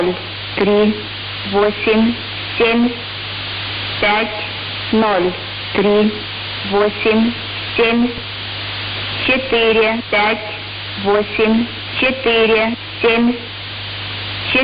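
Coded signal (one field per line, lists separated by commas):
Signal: numbers station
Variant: S06s Russian Lady, Russian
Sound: woman's voice reading short evenly spaced words over hiss and a low hum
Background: radio static, hum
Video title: 25 01 2022 Number station S06s Russian Lady in Russian to Eu 0730 on 7410 unknown tx site in CUSB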